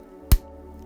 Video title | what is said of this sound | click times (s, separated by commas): Tamiya Super Sabre 2023 Build Series! - Step 7 - Attaching the Front Gears | which is this one is going to go over top and snap into place so we'll hear the snap | 0.3 s